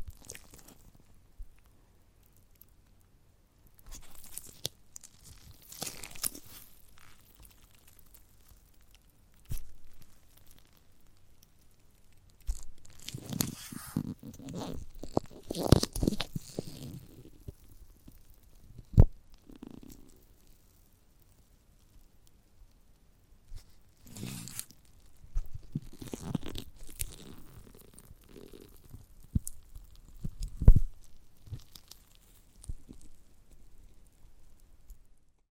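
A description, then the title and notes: Chewing and biting into a giant gummy bear, with wet, squishy crunches and tearing sounds arriving in bursts. Louder clusters come around 5–6, 13–16 and 24–31 seconds, separated by near-silent pauses. A faint low hum sits underneath throughout. ASMR of a Giant Gummy Bear (No Talking).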